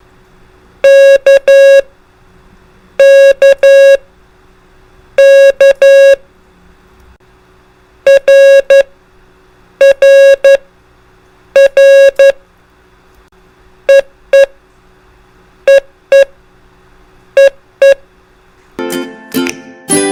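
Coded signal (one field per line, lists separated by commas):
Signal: Morse code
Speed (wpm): 11 wpm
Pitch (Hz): 550 Hz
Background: music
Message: K K K R R R EE EE EE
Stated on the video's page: Morse code examples of common procedural signals, prosigns and CW abbreviations.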